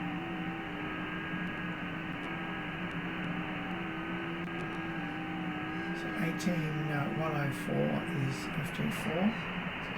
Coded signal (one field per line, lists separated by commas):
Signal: FT8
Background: speech